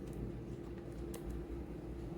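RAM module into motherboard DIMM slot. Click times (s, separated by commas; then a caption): 1.1 s. A RAM memory stick is pressed at both ends into its motherboard DIMM slot until the retaining clips close, with a short sharp click at 1.1 s over a steady low hum. The module is seated and installed.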